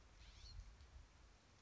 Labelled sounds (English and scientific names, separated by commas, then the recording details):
California Scrub-Jay (Aphelocoma californica)
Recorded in Sonoma County, California